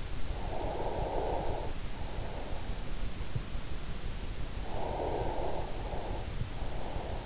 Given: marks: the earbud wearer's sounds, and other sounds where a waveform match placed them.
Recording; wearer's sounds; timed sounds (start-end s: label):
sounds in sleep by an in-ear microphone; breath
0.40-2.51 s: breath
4.78-7.25 s: breath